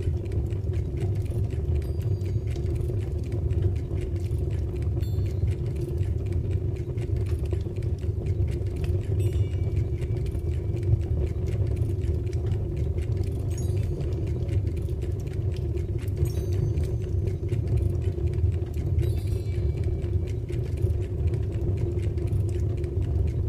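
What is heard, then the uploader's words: A steady, deep roar of fire fills the room with constant faint crackles and ticks, while small chimes ring softly now and then. The party sits quietly listening to the roaring fire and the many small machines around the house as they chime and ring to an unknown but soothing pattern.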